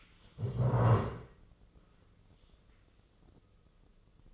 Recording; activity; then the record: daily activity, microphone in the room; stand up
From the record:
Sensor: 4